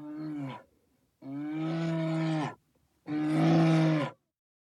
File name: gorilla